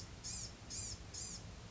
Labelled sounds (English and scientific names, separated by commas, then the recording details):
Blue-gray Gnatcatcher (Polioptila caerulea)
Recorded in Sonoma County, California